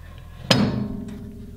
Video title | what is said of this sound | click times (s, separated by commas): Setting up your Band Saw, Episode 5, the 15" General | you it allows you to go 10 degrees that way and then of course you get your 45 degrees this way locks in place nice and solid | 0.5 s